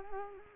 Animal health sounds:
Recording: mosquito wingbeat signal from an infrared sensor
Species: Culex quinquefasciatus

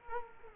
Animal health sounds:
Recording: mosquito wingbeat signal from an infrared sensor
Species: Culex quinquefasciatus

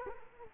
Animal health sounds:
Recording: mosquito wingbeat signal from an infrared sensor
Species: Culex quinquefasciatus

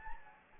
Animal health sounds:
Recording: mosquito wingbeat signal from an infrared sensor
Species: Anopheles gambiae

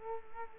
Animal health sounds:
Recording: mosquito wingbeat signal from an infrared sensor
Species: Culex quinquefasciatus

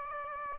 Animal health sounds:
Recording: mosquito wingbeat signal from an infrared sensor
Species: Aedes aegypti

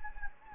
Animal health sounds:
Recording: mosquito wingbeat signal from an infrared sensor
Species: Anopheles gambiae

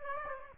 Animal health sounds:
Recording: mosquito wingbeat signal from an infrared sensor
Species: Aedes aegypti

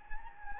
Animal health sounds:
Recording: mosquito wingbeat signal from an infrared sensor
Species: Anopheles gambiae

